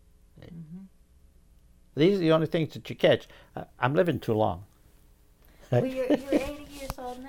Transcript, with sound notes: Uh-hmm.
These are the only things that you catch. I'm living too long. (laughs)
Well, you're eighty years old now, right?